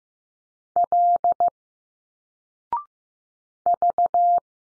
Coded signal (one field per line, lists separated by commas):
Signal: Morse code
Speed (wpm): 15 wpm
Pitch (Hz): 700 Hz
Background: none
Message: L V